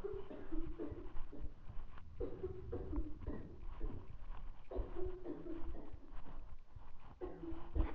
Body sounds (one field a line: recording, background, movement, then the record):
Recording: deep breathing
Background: a bystander coughing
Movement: walking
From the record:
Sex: male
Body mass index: 20.5 kg/m2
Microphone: on the chest, facing the body